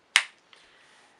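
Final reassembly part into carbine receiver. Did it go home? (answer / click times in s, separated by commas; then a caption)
yes / 0.2 s. During reassembly of a Highpoint 995TS 9 mm pistol-caliber carbine, the last part is pushed into the receiver and snaps into place with a sharp, bright click at 0.2 s, followed by a much fainter click around 0.5 s. The part is seated and the firearm is complete.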